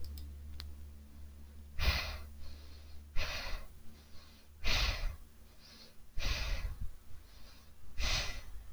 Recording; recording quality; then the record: shallow breathing; excellent, no background noise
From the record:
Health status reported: healthy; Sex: female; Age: 25 years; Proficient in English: yes